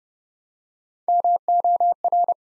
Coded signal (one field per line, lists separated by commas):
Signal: Morse code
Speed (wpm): 30 wpm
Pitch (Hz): 700 Hz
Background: none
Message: MOR